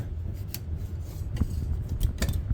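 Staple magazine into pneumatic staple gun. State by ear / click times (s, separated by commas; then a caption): not seated / none. A strip of staples is handled while being loaded into the magazine of a pneumatic staple gun, with sharp metallic clacks and scraping over a low rumble. The magazine has not latched; nothing has seated or clicked yet.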